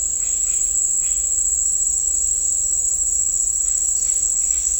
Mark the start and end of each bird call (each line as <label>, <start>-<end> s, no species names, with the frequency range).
bird call (1.0-3.1 kHz), 0.18-0.60 s
bird call (1.4-3.4 kHz), 0.97-1.22 s
bird call (1.6-4.8 kHz), 3.59-4.74 s